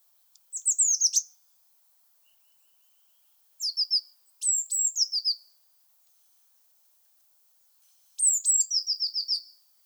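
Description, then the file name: Eurasian blue tit giving four high-pitched song phrases, each a couple of thin falling notes followed by a fast, slightly descending trill. "Cyanistes caeruleus"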